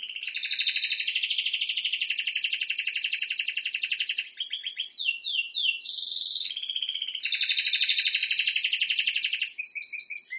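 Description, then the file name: Canary singing continuous rolling trills, broken by a few quick descending sweeps and a buzzy burst, then another long even roll. "Canary Voice"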